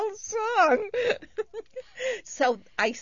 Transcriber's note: she laughs